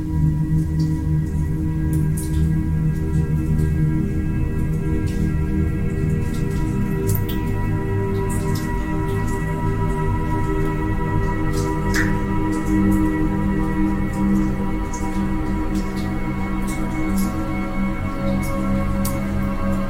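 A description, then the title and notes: Ambient music with water drops: steady low humming tones hold throughout while sparse bright drip-like clicks fall irregularly every second or so. Relax With Water Drops Sound Ambient Music.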